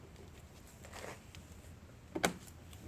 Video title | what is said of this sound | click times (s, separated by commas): Replacing the AC compressor on a chevy cruze clutchless | until it snaps. | 2.2 s